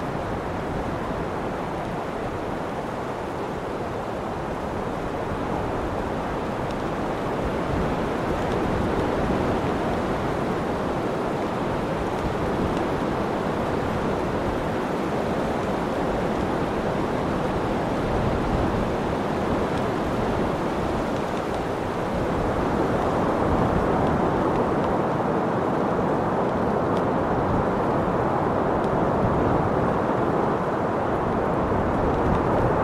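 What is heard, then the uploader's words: Wind storms through forest trees in a dense, steady roar, low and full, swelling slightly louder after about twenty seconds and holding. Wind Storm in the Forest. The wind blending with the trees.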